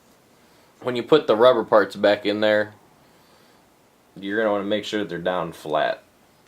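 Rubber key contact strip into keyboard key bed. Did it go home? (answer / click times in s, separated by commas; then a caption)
no / none. While a microKORG synth keyboard is put back together to fix dead keys, the rubber key contact strips are handled and set back into the holes of the key bed to be pressed down flat. Someone talks throughout, with a pause in the middle, and nothing has clicked into place or seated yet.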